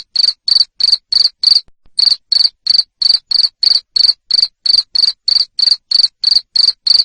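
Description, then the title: Cricket giving sharp, high chirps in a rapid regular train, about three each second, pausing once briefly. Loud cricket chirping used to stimulate lovebirds to sing continuously. "Suara JANGKRIK NGERIK Keras Bikin LOVEBIRD Jadi NGEKEK Terus Vubey"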